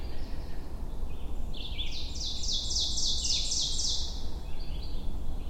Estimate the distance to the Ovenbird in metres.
about 25 m